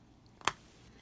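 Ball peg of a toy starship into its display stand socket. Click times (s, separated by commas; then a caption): 0.5 s. The plastic ball peg of a die-cast Hot Wheels Elite Star Wars X-Wing Starfighter (Red Five) is pushed into the socket of its translucent display stand. After a faint tick, one sharp, bright click sounds at 0.5 s as the ball joint seats in the socket, leaving the ship ready on its stand.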